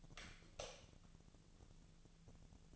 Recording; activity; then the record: daily activity, microphone in the room; light off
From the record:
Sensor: 4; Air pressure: 1000.9 hPa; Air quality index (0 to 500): 124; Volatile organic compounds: 1 ppm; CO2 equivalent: 930 ppm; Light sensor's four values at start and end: 33/85/35/38 and 31/75/31/33